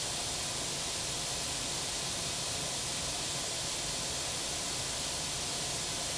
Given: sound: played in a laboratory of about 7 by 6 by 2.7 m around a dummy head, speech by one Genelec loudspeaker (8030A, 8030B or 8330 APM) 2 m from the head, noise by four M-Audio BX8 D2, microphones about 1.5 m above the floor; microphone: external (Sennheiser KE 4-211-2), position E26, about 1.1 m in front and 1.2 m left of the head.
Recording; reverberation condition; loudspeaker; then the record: white noise; low; four, about 170 cm from the corners of the room and facing them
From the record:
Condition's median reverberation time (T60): about 310 ms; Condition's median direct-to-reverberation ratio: about 3.5 dB